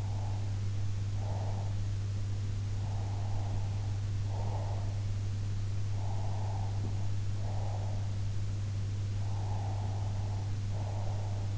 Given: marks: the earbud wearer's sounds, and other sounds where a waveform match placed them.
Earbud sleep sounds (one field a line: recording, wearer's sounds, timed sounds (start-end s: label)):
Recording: sounds in sleep by an in-ear microphone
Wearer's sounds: breath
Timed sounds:
0.00-1.72 s: breath
2.84-5.02 s: breath
5.95-8.10 s: breath
9.22-11.58 s: breath